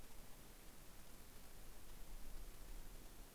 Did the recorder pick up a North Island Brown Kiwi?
no